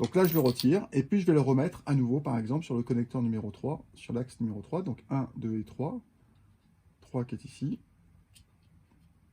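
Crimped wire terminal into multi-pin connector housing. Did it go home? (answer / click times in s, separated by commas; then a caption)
no / none. A crimped wire terminal is handled after being pulled out, ready to go back into cavity number 3 of a plastic multi-pin EmpirBus Garmin connector housing, while someone talks for most of the clip. Brief handling noises follow in the quieter end, but nothing has seated or clicked yet.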